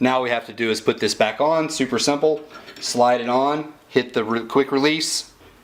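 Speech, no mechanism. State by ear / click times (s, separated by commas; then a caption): not seated / none. A table saw's blade guard assembly is slid back onto its quick-release mount while someone talks the whole time. Only speech is heard, with no distinct click. The clip ends before the quick-release lever latches, so nothing has seated or clicked yet.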